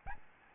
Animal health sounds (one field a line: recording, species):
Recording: mosquito wingbeat signal from an infrared sensor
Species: Aedes albopictus